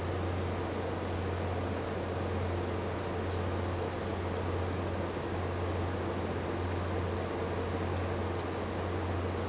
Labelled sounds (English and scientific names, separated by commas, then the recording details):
none
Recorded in pastures near Puerto Asís, Putumayo, Colombia, on 12 March 2025 at 13:30
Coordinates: 0.466, -76.322
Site CSA-02